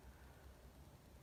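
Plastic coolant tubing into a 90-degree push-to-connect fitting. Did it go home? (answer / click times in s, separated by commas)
no / none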